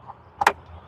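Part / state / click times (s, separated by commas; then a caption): hose retaining clip into mounting hole on body panel / seated / 0.5 s. A plastic hose retaining clip on a 2015–2019 Hyundai Sonata is pressed into its mounting hole on the body panel near the headlight. A short double snap rises out of a quiet low hum, with a softer tick just before the sharper, brighter main click at about 0.5 s. The clip is seated in the hole.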